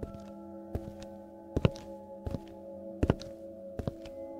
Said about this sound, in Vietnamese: Ông mon men đến chỗ âm thanh vừa phát ra. Tiếng bước chân của ông nhẹ nhàng, tựa như là đi ăn trộm, nhưng lại là đi bắt trộm.